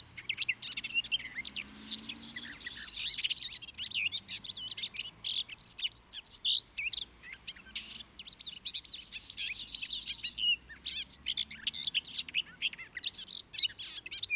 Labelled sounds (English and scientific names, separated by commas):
Garden Warbler (Sylvia borin) song